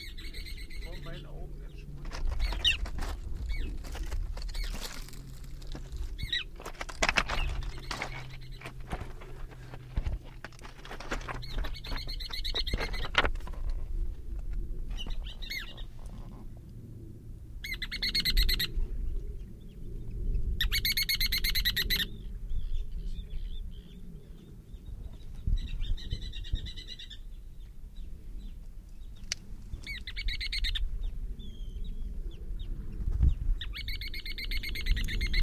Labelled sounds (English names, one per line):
Ruddy Turnstone call